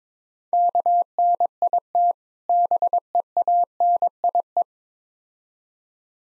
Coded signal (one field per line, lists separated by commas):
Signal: Morse code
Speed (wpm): 26 wpm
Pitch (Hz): 700 Hz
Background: none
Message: KNIT BEANIE